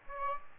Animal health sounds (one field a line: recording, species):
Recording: mosquito wingbeat signal from an infrared sensor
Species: Aedes aegypti